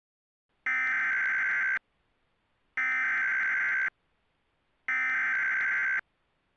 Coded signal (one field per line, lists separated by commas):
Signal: Emergency Alert System (SAME) tones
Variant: header bursts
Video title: Merry Windmas! (EAS Scenario)